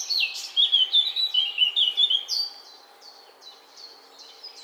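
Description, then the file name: Eurasian blackcap song: a bright, twisting warble for over two seconds, then a series of quieter short chirps repeated at a steady pace. "Sylvia atricapilla"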